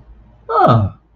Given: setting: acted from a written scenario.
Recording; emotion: vocal sound without words; interest